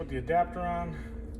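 An adapter is being handled onto a countertop Ninja Crispi air fryer base unit so it can take the larger 4-quart container, while someone talks throughout. Nothing has seated or clicked yet.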